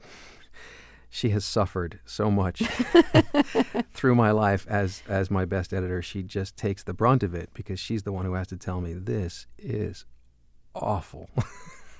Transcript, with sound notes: she has suffered so much...
(Laughter).
...Through my life as my best editor. She just takes the brunt of it because she's the one who has to tell me this is awful